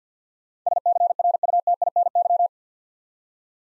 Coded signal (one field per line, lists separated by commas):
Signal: Morse code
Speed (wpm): 53 wpm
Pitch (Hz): 700 Hz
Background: none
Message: SCRUTINY